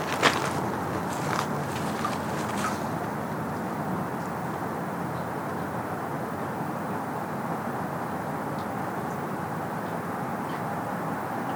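Steady, dense rushing of a creek fills the whole clip, with a few crisp crunching steps or clicks in the first three seconds.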